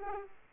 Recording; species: mosquito wingbeat signal from an infrared sensor; Aedes aegypti